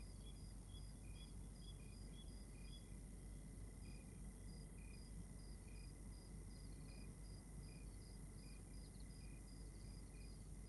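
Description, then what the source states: Crickets give high, clipped chirps in a brisk, even rhythm from more than one caller, over a steady high hum and low background roar. Exterior night ambience recorded in Rwanda.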